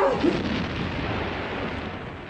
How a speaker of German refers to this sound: Was waren wieder Fliegerbomben auf die Batterie?